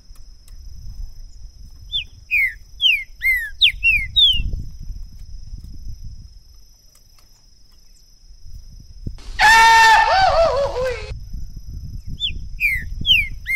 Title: ESQUENTAR Seu TRINCA Piando, Cantando E Macheando Na DISPUTA. LEVEI 2 TRINCA FERRO NO MATO!! ABRIR O CANTO DO TRINCA FERRO!! 2022!